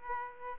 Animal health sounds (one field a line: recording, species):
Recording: mosquito wingbeat signal from an infrared sensor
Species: Aedes aegypti